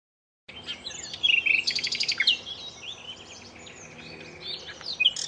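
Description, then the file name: Common nightingale song bursts in after a short silence with quick rattling notes and sharp chirps, then keeps up varied high twittering to the end. "suara burung nightingale om kicau"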